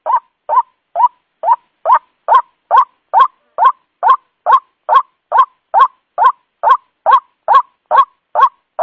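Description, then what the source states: White-breasted waterhen call series: short upward-swept notes repeated evenly about twice per second, growing slightly louder, with a quiet background. Lure call used to attract the bird.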